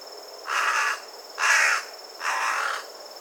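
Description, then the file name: Carrion crow giving three harsh, hoarse caws, each about half a second long and evenly spaced, over a steady high background hiss. "Corvus corone"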